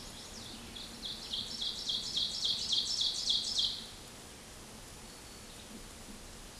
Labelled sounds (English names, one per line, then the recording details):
Ovenbird song
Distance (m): 15 m
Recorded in a Pennsylvania forest on 17 May 2023 at 13:29
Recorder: AudioMoth, point grid1_1_low
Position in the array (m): 176 m, 12 m